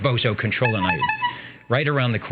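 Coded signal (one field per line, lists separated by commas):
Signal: none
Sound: radio net music beeps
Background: speech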